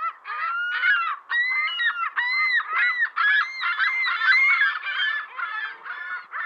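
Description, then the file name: Ring-billed gull calls: many overlapping harsh, harmonic squeals and yelps from several birds, rising and falling, in a near-continuous chorus. "Digiffects Sound Effects Library - Ring-Billed Gull Call"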